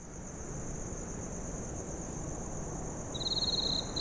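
Crickets chirping: a steady high trill runs throughout, and a second, lower pulsed trill joins for the last second, over a soft low rumble.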